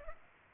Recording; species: mosquito wingbeat signal from an infrared sensor; Culex pipiens